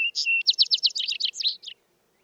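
Vesper sparrow song, mostly its ending: a short whistle, then a quick series of sweet trilled notes that fade out.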